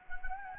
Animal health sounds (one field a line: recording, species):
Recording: mosquito wingbeat signal from an infrared sensor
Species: Anopheles gambiae